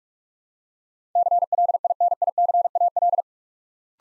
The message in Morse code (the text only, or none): CLINICAL